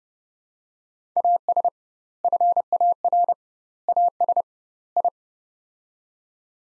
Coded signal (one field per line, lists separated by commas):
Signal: Morse code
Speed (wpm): 30 wpm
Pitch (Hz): 700 Hz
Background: none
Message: AS FAR AS I